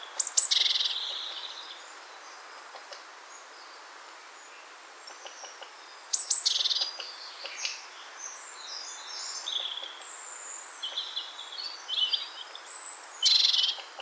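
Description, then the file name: Great tit giving harsh, buzzy churring bursts at the start, around 6 seconds and near the end, with scattered thin high chirps in between over a steady background hiss. "Parus major"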